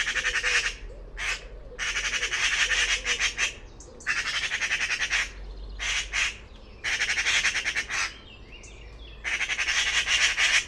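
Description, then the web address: Bird giving buzzy, rapidly pulsed chatter in long bouts, several bursts broken by brief gaps over steady low background noise. Recordings from the "Pi Pi Pi Pi" call class in a 2025 bird-only dataset. "cianscape birddata Deverinetal 2025 File origin Bird Only More Classes Pi Pi Pi Pi"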